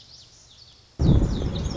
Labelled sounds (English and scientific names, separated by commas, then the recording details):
Lazuli Bunting (Passerina amoena)
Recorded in Sonoma County, California